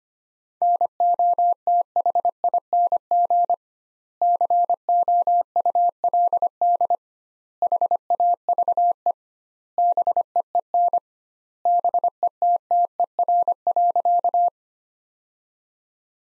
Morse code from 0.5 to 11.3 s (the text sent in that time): NOTHING COULD HAVE BEEN